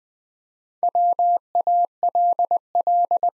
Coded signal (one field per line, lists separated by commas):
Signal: Morse code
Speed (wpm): 20 wpm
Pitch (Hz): 700 Hz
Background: none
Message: WALL